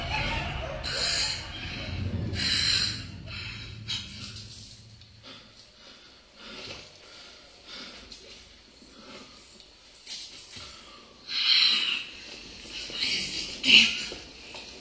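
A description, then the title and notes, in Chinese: A jungle exploration scene, with short bright hissing bursts near the start, around eleven seconds and again near fourteen seconds, possibly animal calls or rustling. A low rumble fills the first five seconds, then a quieter stretch of faint crackling and background noise. 4D全息超级环绕-丛林探险。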